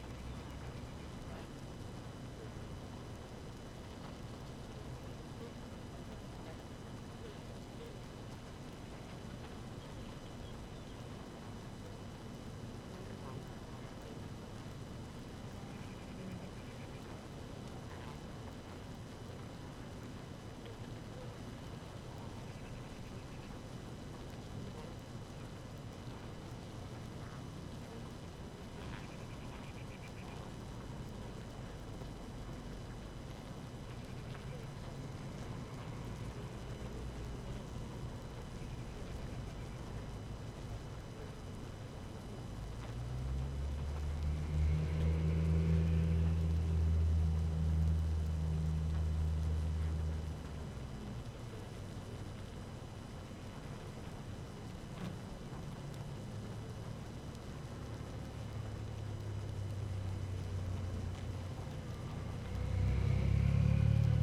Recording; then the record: honeybee colony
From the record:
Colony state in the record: active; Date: 12 June 2018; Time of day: 5:54